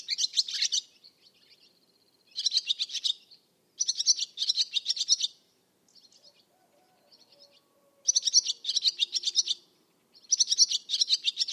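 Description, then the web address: Bird song in high, buzzy trilled phrases, separated by brief quiet gaps and a few softer notes. "Bird Only"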